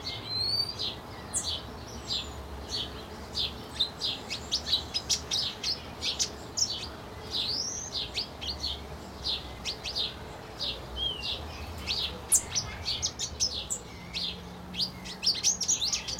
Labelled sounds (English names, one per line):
Pin-tailed Whydah